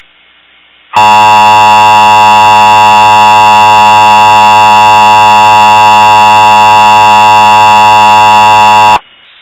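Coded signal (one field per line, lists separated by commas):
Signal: Emergency Alert System (SAME) tones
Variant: 853 and 960 Hz attention tone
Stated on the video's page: Fictional EAS scenario.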